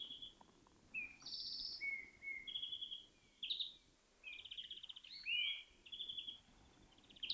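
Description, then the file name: European greenfinch twittering in a varied run of trills, whistled notes and short nasal buzzes, delivered with only brief pauses. "Chloris chloris"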